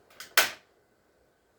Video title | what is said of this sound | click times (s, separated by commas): Ryobi 40 volt HP chainsaw unboxing setup, use and review | you'll hear another audible click | 0.4 s